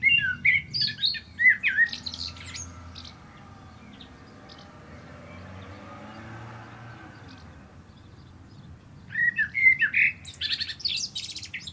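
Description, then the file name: Common blackbird song: a rich whistled warble trailing into high scratchy notes, a long quiet gap, then another similar phrase. "Turdus merula"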